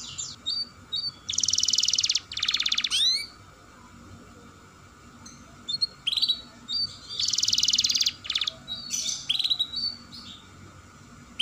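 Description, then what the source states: Atlantic canary song in bursts of fast, buzzy high trills alternating with sharp upward-sweeping whistles, broken by short pauses, over a steady faint background tone. Canary singing vigorously (Indonesian 'gacor' style) with a long rolling trill, called 'dor roll panjang'.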